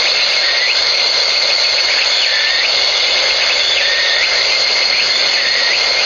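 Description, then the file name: Walker's cicada song, a dense shrill buzz overlaid with repeated rising-falling notes, steady and loud throughout. "ツクツクボウシ"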